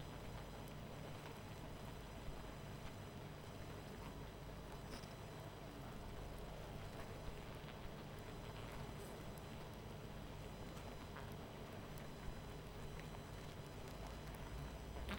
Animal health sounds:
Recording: honeybee colony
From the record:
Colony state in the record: missing queen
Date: 14 July 2017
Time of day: 21:16

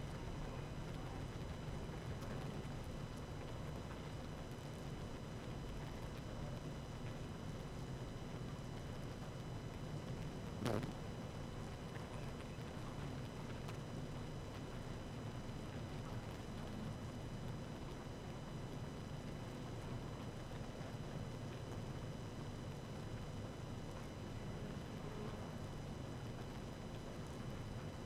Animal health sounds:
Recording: honeybee colony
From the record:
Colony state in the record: active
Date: 12 June 2018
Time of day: 18:16

